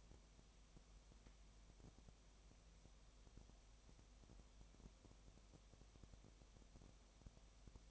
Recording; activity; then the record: daily activity, microphone in the room; no activity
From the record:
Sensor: 1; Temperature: 19.7 degrees Celsius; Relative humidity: 37.1%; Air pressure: 1007.2 hPa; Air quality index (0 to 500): 145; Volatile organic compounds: 5 ppm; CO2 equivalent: 1764 ppm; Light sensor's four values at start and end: 1/2/1/1 and 1/2/1/1